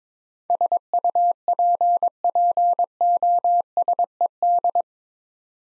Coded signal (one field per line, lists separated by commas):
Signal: Morse code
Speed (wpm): 21 wpm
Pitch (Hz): 700 Hz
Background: none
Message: SUPPOSED